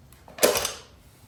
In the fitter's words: now hear that click sound, that means this part is locked.